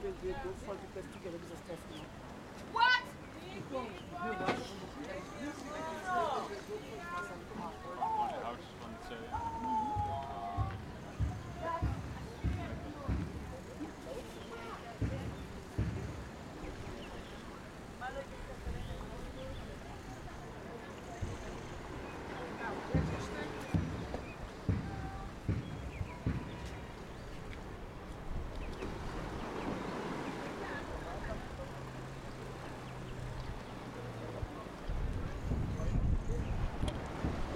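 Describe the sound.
Walking around Willemstad, Curaçao, with people talking throughout, voices rising and falling in snatches of conversation. A low rumble of passing traffic and wind runs underneath, with a steady low engine drone around thirty seconds and clattering bursts near the end.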